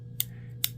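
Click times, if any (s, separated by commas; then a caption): 0.2 s, 0.6 s. A Tactile Knife Co Chupacabra folding knife blade is opened and locks into its handle lock, with an extra click built into the lock at the start of deployment. Two sharp, bright metallic clicks sound at 0.2 s and 0.6 s over a steady low hum. The lock engages and the blade is seated open.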